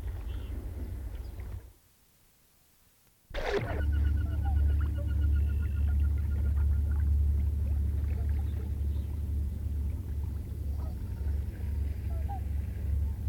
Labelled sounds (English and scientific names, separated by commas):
Common Goldeneye (Bucephala clangula)